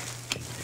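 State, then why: Seated. A roller plate is fitted onto a Wagner Smart Sidekick paint roller frame after two small plastic tabs are squeezed, and it locks in place. A short, sharp click sounds at 0.3 s over a steady low hum and faint hiss. The plate is seated.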